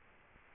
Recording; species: mosquito wingbeat signal from an infrared sensor; Culex quinquefasciatus